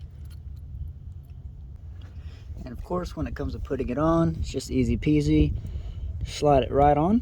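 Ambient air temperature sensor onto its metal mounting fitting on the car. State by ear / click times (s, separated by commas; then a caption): not seated / none. An ambient air temperature sensor for a Saturn Sky is handled during reinstallation as it is slid onto its metal mounting fitting on the car, with faint handling noise under someone talking. The clip ends before the part goes home: nothing has seated or clicked yet.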